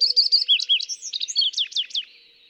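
Fox sparrow singing a quick, bright phrase of clear whistles and buzzy slurs, fading out after about two seconds.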